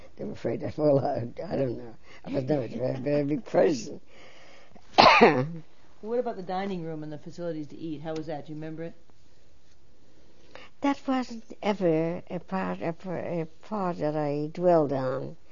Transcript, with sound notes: They were afraid I'd fall out. I don't know. I was never a very big person. ( she coughs )
What about the dining room and the facilities to eat? How was that? Do you remember it?
That's wasn't ever a part, uh, a part that I dwelled on